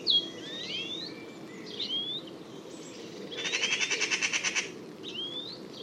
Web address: Bird Only More Classes Pi Pi Pi Pi